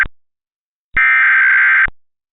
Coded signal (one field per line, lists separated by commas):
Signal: Emergency Alert System (SAME) tones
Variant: header bursts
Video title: EAS Mock: FitnessGram™